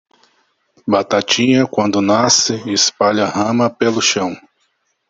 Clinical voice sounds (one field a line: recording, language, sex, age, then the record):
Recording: short text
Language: Brazilian Portuguese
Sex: male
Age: 40 to 49 years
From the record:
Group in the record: control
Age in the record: 47 years